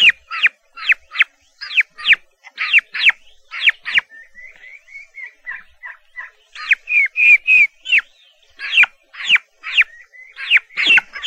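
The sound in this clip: Turkey chicks with quick falling peeps, interrupted by a soft, wavering trill, then bursts of louder chirps resume.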